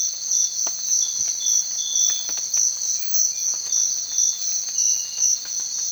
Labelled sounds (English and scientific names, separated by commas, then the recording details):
none
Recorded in secondary vegetation near Puerto Asís, Putumayo, Colombia, on 30 June 2025 at 05:30
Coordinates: 0.499, -76.323
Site G077